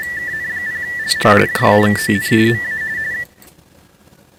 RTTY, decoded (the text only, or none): KN0L JAVON MA